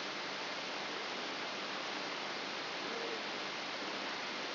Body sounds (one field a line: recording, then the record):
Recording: brain microelectrode recording played as sound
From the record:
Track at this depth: inside the subthalamic nucleus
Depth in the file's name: 5.101 mm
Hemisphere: left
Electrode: 3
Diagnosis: Parkinson's disease